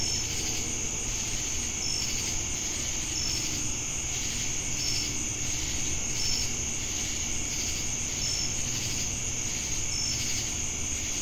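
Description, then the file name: Crickets and cicadas in a steady high-pitched chorus, a short bright pulse recurring roughly every one and a half seconds, over a low rumbling background noise. Crickets heard together with cicadas at Jamestown, North Carolina, on 10 August 2018. "Crickets And Sacadas Jamestown NC August-10-2018"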